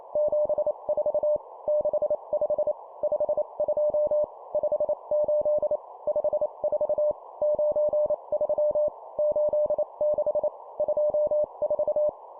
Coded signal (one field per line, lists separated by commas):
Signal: Morse code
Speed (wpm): 28 wpm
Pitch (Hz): 600 Hz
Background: none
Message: 74 65 52 58 54 93 86 24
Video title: 25wpm Two number words, morse code course